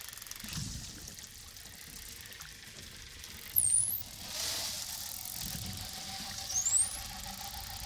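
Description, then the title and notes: Dolphin whistles, two short, sharply rising high whistles about three seconds apart, over a low wash of underwater noise. Recorded at Mikurajima, Japan. "イルカの鳴き声 - Dolphin's Whistles & Clicks. Recorded in Mikurajima Japan"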